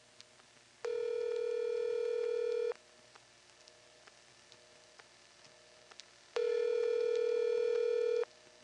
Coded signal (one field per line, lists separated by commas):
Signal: telephone call progress tone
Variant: North America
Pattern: ringback tone